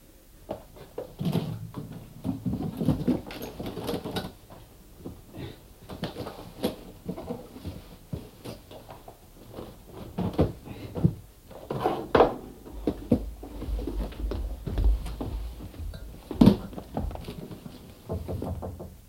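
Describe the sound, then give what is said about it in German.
Someone packs a suitcase: irregular thumps, wooden clacks and soft rustling of items being handled and set down, with a few sharper knocks, no voices. “Ich pack den Koffer.”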